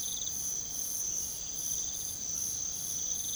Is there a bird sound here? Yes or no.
no